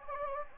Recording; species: mosquito wingbeat signal from an infrared sensor; Anopheles gambiae